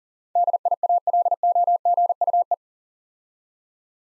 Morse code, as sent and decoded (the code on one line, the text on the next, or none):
-.. .. .- .-.. --- --. ..- .
DIALOGUE